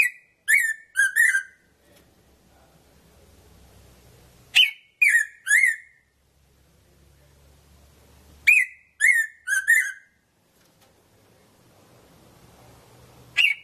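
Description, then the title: Red-throated parrotfinch repeating clusters of three or four sharp, high chip calls roughly every four seconds, with brief quiet stretches between clusters. "Erythrura Psittacea"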